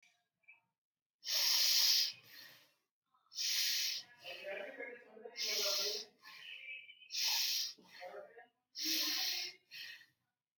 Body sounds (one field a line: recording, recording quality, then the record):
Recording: deep breathing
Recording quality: excellent, no background noise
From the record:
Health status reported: healthy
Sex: female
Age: 20 years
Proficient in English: yes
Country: India